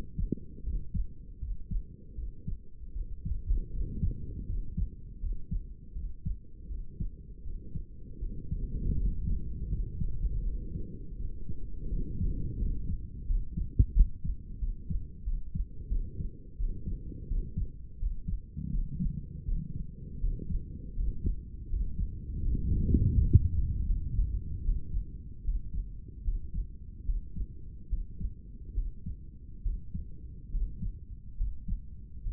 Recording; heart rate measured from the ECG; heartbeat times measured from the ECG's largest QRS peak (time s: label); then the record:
heart sounds by stethoscope; 80 bpm
0.64 s: heartbeat
1.39 s: heartbeat
2.15 s: heartbeat
2.93 s: heartbeat
3.71 s: heartbeat
4.46 s: heartbeat
5.20 s: heartbeat
5.94 s: heartbeat
6.68 s: heartbeat
7.43 s: heartbeat
8.20 s: heartbeat
8.96 s: heartbeat
9.70 s: heartbeat
10.43 s: heartbeat
11.17 s: heartbeat
11.89 s: heartbeat
12.59 s: heartbeat
13.27 s: heartbeat
13.93 s: heartbeat
14.59 s: heartbeat
15.24 s: heartbeat
15.90 s: heartbeat
16.57 s: heartbeat
17.28 s: heartbeat
17.99 s: heartbeat
18.71 s: heartbeat
19.45 s: heartbeat
20.20 s: heartbeat
20.95 s: heartbeat
21.69 s: heartbeat
22.41 s: heartbeat
23.13 s: heartbeat
23.85 s: heartbeat
24.63 s: heartbeat
25.44 s: heartbeat
26.23 s: heartbeat
27.05 s: heartbeat
27.89 s: heartbeat
28.74 s: heartbeat
29.62 s: heartbeat
30.50 s: heartbeat
31.36 s: heartbeat
32.23 s: heartbeat
From the record:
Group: healthy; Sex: male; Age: 35 years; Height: 180 cm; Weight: 86.9 kg